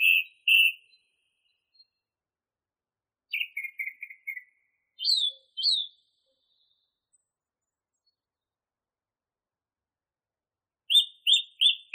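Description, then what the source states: Song thrush singing varied short phrases, several given twice or repeated in series, separated by pauses, ending with a run of repeated notes. Masteran recording made for training songbirds.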